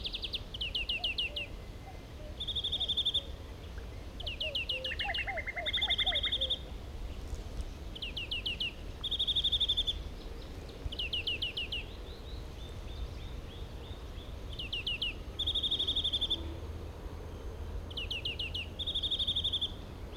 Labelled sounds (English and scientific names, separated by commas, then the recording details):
European Greenfinch (Chloris chloris) song
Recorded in the wild
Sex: male
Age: adult
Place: Wartenberger Luch, Berlin, DE
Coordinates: 52.5733, 13.5256
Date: 1990-05-28 21:13
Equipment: Uher 4400 Report Monitor, Sennheiser MKH 416 T
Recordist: Frommolt, Karl-Heinz